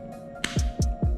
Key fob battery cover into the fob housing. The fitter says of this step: till we hear that click.